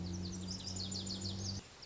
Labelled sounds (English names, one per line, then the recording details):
Lazuli Bunting
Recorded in Sonoma County, California